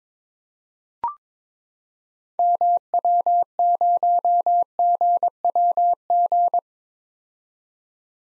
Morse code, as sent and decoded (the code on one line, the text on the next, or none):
-- .-- ----- --. .-- --.
MW0GWG